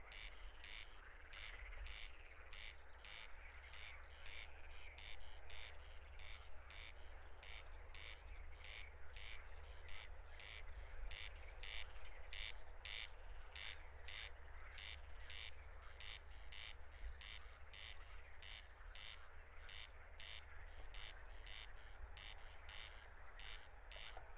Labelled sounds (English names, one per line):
Corn Crake song